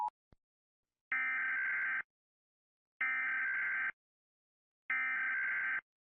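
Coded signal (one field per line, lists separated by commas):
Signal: Emergency Alert System (SAME) tones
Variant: header bursts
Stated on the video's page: Fictional SCP-based EAS scenario.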